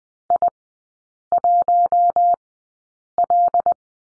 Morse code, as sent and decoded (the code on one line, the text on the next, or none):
.. .---- .-..
I1L